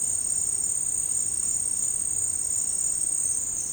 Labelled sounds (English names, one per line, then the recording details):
none
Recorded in secondary vegetation near Puerto Asís, Putumayo, Colombia, on 24 March 2025 at 13:30
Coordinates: 0.502, -76.326
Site G100